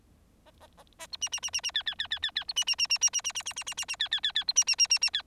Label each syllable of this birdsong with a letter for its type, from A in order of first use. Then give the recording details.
A A A A B C C C C C D D D D D D B C C C C C C C C C C C C C D D D D B C C C C C D. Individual Bird4